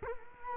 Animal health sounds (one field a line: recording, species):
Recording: mosquito wingbeat signal from an infrared sensor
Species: Culex quinquefasciatus